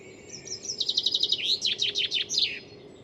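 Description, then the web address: Bird song with a quick series of high chirps followed by several rapid downward-sweeping notes, delivered in one continuous two-second phrase over faint hum. "Deverinetal. Bird Only"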